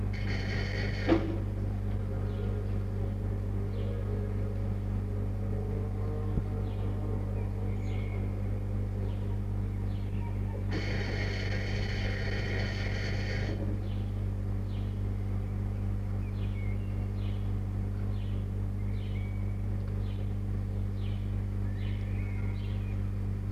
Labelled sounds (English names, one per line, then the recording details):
Red Fox
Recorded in captivity
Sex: female
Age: adult
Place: Zoologisches Institut der HUB, Berlin, DE
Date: 1958-06-11 18:00
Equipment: Smaragd
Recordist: Tembrock, Günter